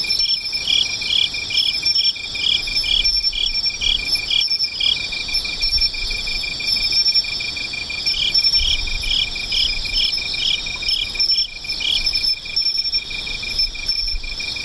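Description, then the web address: Insects singing in a dense chorus: a steady high buzz, a rapid pulsed trill repeating in bursts, and thin very high whines throughout. "cats nishikawa 201110 mushinokoi"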